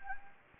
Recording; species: mosquito wingbeat signal from an infrared sensor; Anopheles gambiae